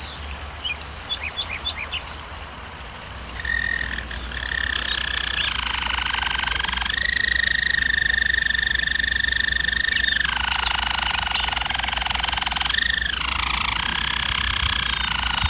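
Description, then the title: German Roller canary song: soft scattered notes, then long smooth rolling trills that dip and rise in pitch several times. German Roller canary singing, for canary training. "German Roller Canary Singing - Canary Training Vid"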